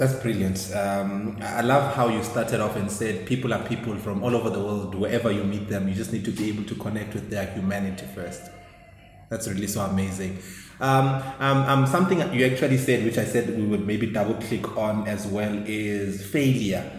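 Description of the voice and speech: Fluent, relaxed adult male conversational speech with a few filled pauses; ordinary voice and articulation.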